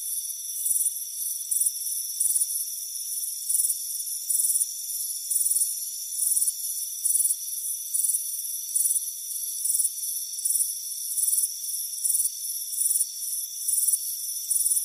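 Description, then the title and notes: Shrill cricket chirps pulse steadily against a continuous high drone. Crickets chirping on a warm afternoon on a front porch. "Soothing Crickets Chirping Sound. It's a warm afternoon as you relax in a hammock on the front porch. Relax and fall asleep to the soothing sound of chirping crickets. Deep Sleep Sounds"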